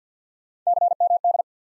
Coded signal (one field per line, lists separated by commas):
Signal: Morse code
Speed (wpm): 50 wpm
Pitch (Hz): 700 Hz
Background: none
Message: CMD